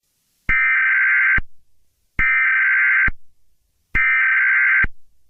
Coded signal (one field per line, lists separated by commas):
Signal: Emergency Alert System (SAME) tones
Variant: header bursts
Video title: EAS Scenario #7: Adventure Island